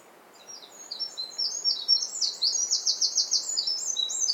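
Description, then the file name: Eurasian wren song building from scattered high notes into a dense, fast trill that carries on to the end. "Troglodytes troglodytes"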